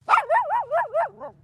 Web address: Sound Effects-Foundation 1 ANIMAL DOG POODLE MINIATURE BARK